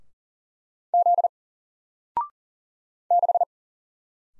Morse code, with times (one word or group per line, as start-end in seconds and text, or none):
0.9-1.3 Z
3.1-3.4 6